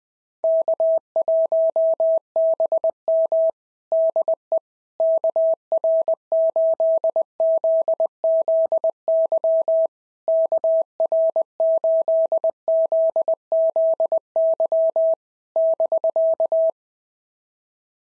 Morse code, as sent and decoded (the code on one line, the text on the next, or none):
-.- .---- -... -- / -.. . / -.- .-. ---.. --.. --.. -.-- / -.- .-. ---.. --.. --.. -.-- / -...-.-
K1BM DE KR8ZZY KR8ZZY <BK>